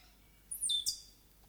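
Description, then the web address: Stitchbird song: one brief, piercing high phrase, a note stepping down, then a second sharp burst, over faint background hiss. New Zealand native bird. "conservation native-animals birds bird-song stitchbird-song"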